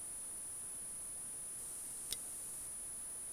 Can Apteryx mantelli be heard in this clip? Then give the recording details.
no. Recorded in New Zealand on 14 February 2012. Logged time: 02:13. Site DH65